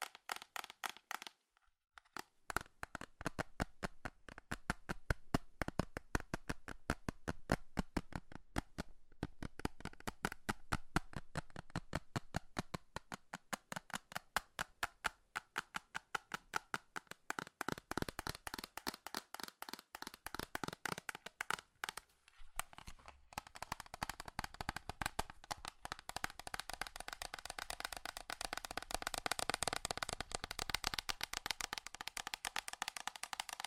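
Fast, furious tapping on metal, a dense run of sharp, bright clicks coming in quick bursts. The pace surges and thins, with brief pauses near 2 and 22 seconds, then grows louder and denser through the last ten seconds.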